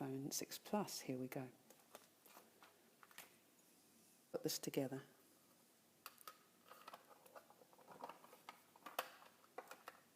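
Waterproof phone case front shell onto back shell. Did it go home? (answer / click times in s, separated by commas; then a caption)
no / none. Someone talks while handling a plastic Redpepper XLF Series waterproof case for an iPhone 6 Plus, bringing the front shell onto the back shell around the phone. Between the bursts of speech come faint, scattered handling taps and ticks. Nothing has seated or clicked yet.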